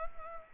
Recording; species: mosquito wingbeat signal from an infrared sensor; Culex pipiens